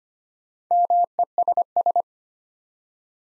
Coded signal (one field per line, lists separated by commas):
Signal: Morse code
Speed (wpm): 25 wpm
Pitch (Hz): 700 Hz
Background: none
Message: MESS